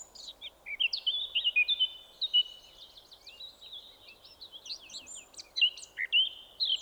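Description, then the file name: Eurasian blackcap song of mixed slurred whistles and fast twittering notes, rising and falling irregularly with brief louder bursts. "Sylvia atricapilla"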